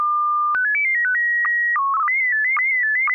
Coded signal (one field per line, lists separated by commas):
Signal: SSTV (slow-scan television)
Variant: PD 120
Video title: N6NA SSTV Net - 02/18/2026